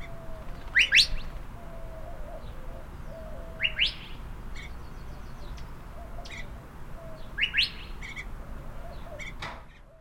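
Curve-billed thrasher giving sharp, rising two-note whistled calls three times, a few seconds apart, over a low steady hum and faint chirps.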